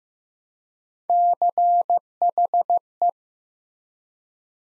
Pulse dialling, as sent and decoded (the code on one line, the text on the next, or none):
none